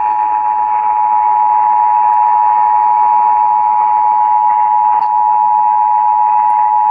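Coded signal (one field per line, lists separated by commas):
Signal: Emergency Alert System (SAME) tones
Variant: 853 and 960 Hz attention tone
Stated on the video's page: Tornado warning carried on a Texas broadcast radio station.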